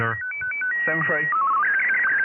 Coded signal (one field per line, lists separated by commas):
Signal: SSTV (slow-scan television)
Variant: Martin 1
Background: speech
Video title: 2e0njk ham radio live m3pxp 2e0yro .......PHATT AUDIO STUDIO'S